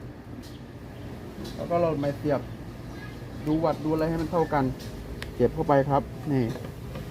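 A brake light bulb socket from a Nissan Juke is handled at the rear lamp housing as it is lined up to go in, while someone talks over a low steady background hum. Nothing has seated or clicked into the housing yet.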